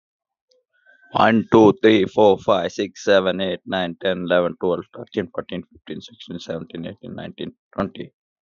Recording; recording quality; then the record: counting at a fast pace; excellent, no background noise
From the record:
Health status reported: respiratory illness, not identified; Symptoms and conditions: cough, breathing difficulty, sore throat, diabetes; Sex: male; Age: 30 years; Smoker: not ticked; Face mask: not worn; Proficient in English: no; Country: India